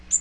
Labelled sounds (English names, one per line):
Magnolia Warbler flight call